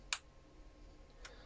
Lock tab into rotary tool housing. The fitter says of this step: on this side and just make sure that it locks yep that's it